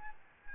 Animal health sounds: mosquito wingbeat signal from an infrared sensor; Aedes albopictus

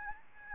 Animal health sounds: mosquito wingbeat signal from an infrared sensor; Aedes albopictus

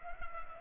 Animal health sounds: mosquito wingbeat signal from an infrared sensor; Culex pipiens

